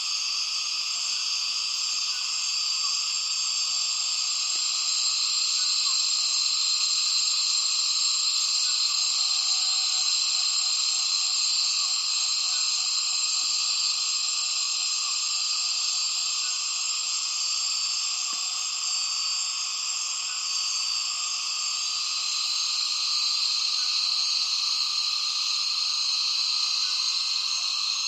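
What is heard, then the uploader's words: A dense chorus of cicadas fills the rainforest at dusk, a continuous high, shrill buzzing layered in several pitched bands. The wall of sound holds steady and loud throughout, with almost nothing in the low range beneath it. Intense Dusk Chorus In The Borneo Rainforest. A myriad cicadas start calling as soon as the afternoon light begins to fade in Tawau Hills NP, Borneo. Recorded with Zoom F6 and Lom MikroUsi Pro mics.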